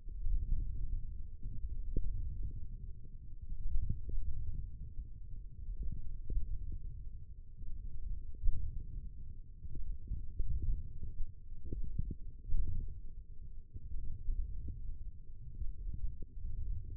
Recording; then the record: forearm muscle sounds (acoustic myography)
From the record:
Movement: wrist flexion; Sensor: system 1, eight BSWA MPA416 microphones around the upper forearm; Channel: 3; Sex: male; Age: 20 years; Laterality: left